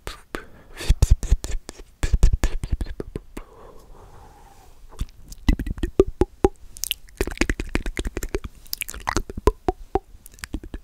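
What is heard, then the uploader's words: Mouth sounds: rapid wet clicks, pops and smacks come in dense bursts, with a short pause near four seconds where a soft breathy hiss hums. From about six seconds, bright tongue clicks and small plops keep a quick, irregular pace. ASMR The MOST Accurate MOUTH Sounds ($1 Mic VS $200 Mic).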